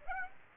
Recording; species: mosquito wingbeat signal from an infrared sensor; Aedes aegypti